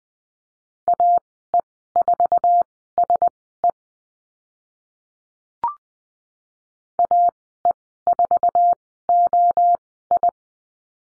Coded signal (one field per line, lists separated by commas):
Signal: Morse code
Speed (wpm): 20 wpm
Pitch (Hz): 700 Hz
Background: none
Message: AE4SE AE4OI